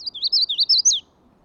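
Magnolia warbler delivering a short, lively song of several sweet, wavering whistled notes, ending with a higher downslurred note.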